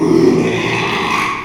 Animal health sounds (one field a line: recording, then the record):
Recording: squeal of a Yucatan mini pig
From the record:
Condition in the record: after surgery on the right vocal fold (resection and tissue-engineered implant)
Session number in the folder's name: 1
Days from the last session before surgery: 6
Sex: male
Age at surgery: 12 weeks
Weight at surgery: 13 kg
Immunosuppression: cyclosporine, prednisolone